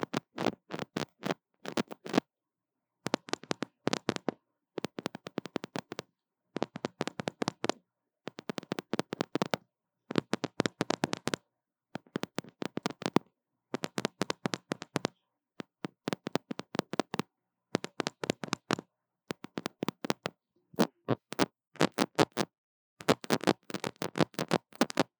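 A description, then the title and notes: Quick bursts of tapping and scratching on a mini mic, each a rapid cluster of sharp, crisp hits running from low thumps up to bright ticks. The bursts last about a second and come every second or two, separated by short silences, continuing steadily throughout. 刺痛觸發迷你麥克風. Tingles With Mini Mic Tapping & Scratching | Lo-fi | No Talking.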